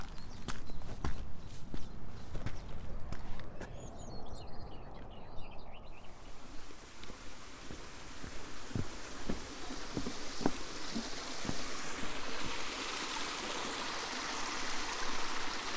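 A walk along the South West Coast Path, with sharp, regular footsteps crunching through the first six seconds and a few quick bird chirps near the end of that stretch. A steady, hissing rush like wind or water then takes over, with occasional steps still audible.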